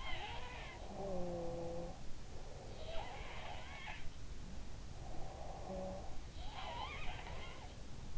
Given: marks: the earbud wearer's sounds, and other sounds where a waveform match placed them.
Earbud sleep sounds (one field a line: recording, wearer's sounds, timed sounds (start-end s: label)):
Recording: sounds in sleep by an in-ear microphone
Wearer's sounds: snoring breath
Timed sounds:
0.00-2.31 s: sound from someone else or the room
0.65-2.31 s: snoring breath
2.70-8.18 s: sound from someone else or the room
4.94-6.31 s: snoring breath